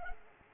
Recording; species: mosquito wingbeat signal from an infrared sensor; Culex pipiens